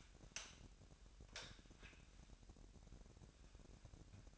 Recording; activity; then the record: daily activity, microphone in the room; light on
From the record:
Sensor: 2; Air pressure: 1011.8 hPa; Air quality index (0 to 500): 215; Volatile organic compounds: 3 ppm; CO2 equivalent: 1513 ppm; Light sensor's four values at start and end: 10/24/10/11 and 15/41/17/17